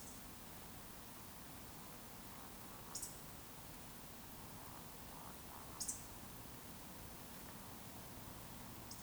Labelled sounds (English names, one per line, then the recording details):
Eurasian Woodcock whistle
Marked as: whistle, whistle, whistle, whistle
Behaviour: display flight
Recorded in Baden-Württemberg, Germany, on 20 June 2020 at 20:05 UTC
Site 42618, 210 m above sea level